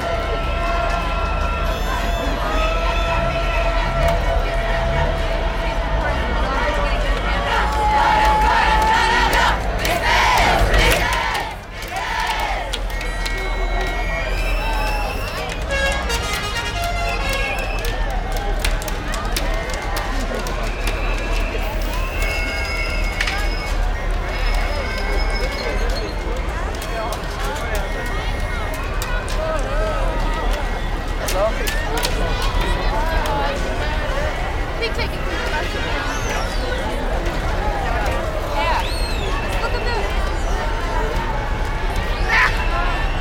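A student graduation parade fills a city street with steady, dense shouting and cheering crowds, bright whistles and horn blasts, and music, briefly dipping near twelve seconds.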